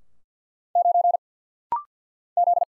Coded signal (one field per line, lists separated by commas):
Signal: Morse code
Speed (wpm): 50 wpm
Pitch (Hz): 700 Hz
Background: none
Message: 9 Z